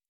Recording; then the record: hydrophone in a shrimp aquaculture tank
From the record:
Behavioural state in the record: normal